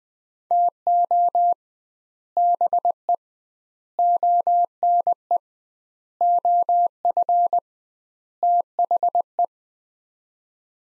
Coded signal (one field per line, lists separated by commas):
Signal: Morse code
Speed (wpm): 20 wpm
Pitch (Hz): 700 Hz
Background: none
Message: TO BE ONE OF THE